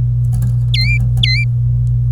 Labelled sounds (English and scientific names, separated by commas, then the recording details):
Domestic Canary (Serinus canaria) song
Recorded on 26 April 2018 at 11:54
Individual llb3